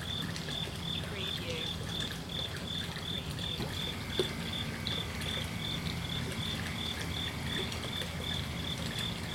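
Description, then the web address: Cricket chirping as a steady, rapid pulsed trill, continuous throughout beneath a broad wash of low rumbling noise. Crickets recorded at a koi pond. "lynne-publishing Koi Pond With Crickets"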